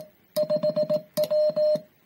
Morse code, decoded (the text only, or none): 5W